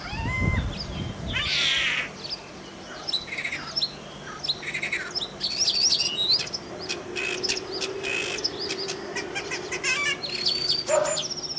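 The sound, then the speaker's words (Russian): A starling sings a varied, chattering song of whistles, clicks and squeaks, mimicking other animals such as a dog, a frog, a chicken and a cat, with meow-like and clucking calls mixed into a busy, rapid stream of high-pitched notes. “я хотела тебе дать послушать песню скворца, который подражает разным животным.”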